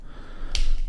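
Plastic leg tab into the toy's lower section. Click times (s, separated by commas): 0.6 s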